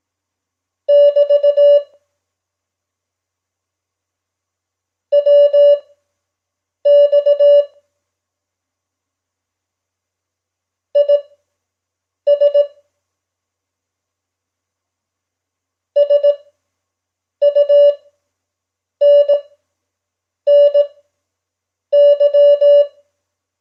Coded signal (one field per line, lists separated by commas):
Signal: Morse code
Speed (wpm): 18 wpm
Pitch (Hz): 580 Hz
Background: none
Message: <BT> WX IS SUNNY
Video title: Simulated Morse Code proficiency exam @5wpm